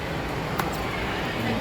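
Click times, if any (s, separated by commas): 0.6 s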